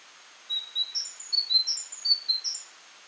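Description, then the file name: Great tit calling in a brisk burst of many thin, high chirping notes over about two seconds, pitches hopping up and down, over quiet background hiss. "Parus major"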